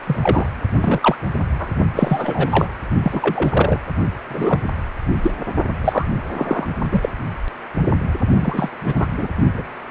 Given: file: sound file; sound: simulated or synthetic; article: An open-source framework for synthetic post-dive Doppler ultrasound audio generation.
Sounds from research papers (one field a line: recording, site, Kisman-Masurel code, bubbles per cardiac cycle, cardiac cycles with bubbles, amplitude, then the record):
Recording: Doppler ultrasound audio after a dive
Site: precordial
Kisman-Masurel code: 243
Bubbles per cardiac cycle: several, 3–8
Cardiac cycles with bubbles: 100%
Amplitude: loud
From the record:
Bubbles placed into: partial cardiac cycles